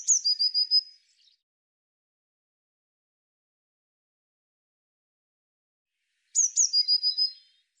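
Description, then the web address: Eurasian blue tit repeating a thin song phrase twice, about six seconds apart: high falling notes leading into a quick, even lower trill. "cianscape birddata Deverinetal 2025 Bird Cy Ca"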